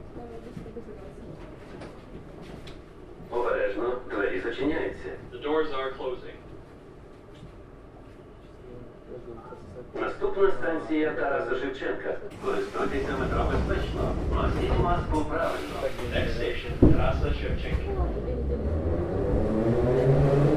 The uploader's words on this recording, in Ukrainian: У вагоні потягу метро. Вас вітає синя гілка Київського метрополітену.